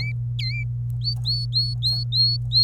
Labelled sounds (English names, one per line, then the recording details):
Domestic Canary song
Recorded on 27 April 2018 at 09:41
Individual llb3